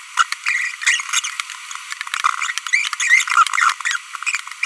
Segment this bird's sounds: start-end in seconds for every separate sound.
0.17-0.23, 0.87-0.96, 1.13-1.19, 3.00-3.22, 3.85-3.96